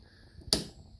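A click-type torque wrench set to 38 Nm is turned on a bolt of a BMW R1250 GS motorcycle until it gives a sharp, bright click at 0.5 s, rising well above a quiet background with faint steady high tones. The click rings out briefly and fades, and the bolt is confirmed torqued correctly to 38 Nm.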